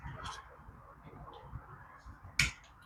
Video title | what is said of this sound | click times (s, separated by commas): A Poulan Chainsaw I picked up cheap | There you go, and it clicked back into place. | 2.4 s